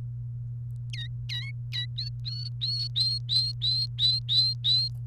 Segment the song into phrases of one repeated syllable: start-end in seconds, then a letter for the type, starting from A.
0.93-1.86 A, 1.98-4.88 B